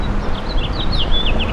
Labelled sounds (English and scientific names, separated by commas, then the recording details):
House Finch (Haemorhous mexicanus) song
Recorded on Long Island, New York, on 8 May 2012
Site VS
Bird A